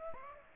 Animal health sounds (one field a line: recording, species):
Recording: mosquito wingbeat signal from an infrared sensor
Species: Aedes aegypti